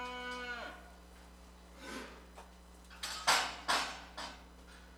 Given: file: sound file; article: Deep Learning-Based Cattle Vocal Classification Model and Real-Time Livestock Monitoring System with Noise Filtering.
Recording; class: cattle; normal call